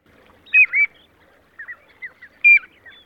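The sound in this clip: Piping Plover calls, short clear whistled notes: two loud peeps near the start and another loud one after two seconds, with softer scattered notes between, over a quiet background.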